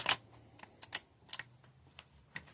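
The bolt of a Mosin-Nagant rifle is worked to chamber an empty .308 brass case, producing a series of sharp metallic bolt clacks, the loudest near 0.1, 0.9 and 1.3 s, with softer ones around 0.8, 1.4 and 2.4 s. The empty brass does not chamber, and nothing has seated or clicked into place yet.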